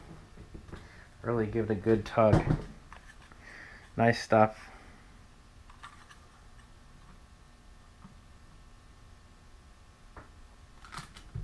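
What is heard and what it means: A solar charge controller is handled against its mount in a hive monitoring enclosure while someone talks. Quiet handling noises and small taps follow, but nothing has seated or clicked yet.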